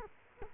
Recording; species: mosquito wingbeat signal from an infrared sensor; Culex quinquefasciatus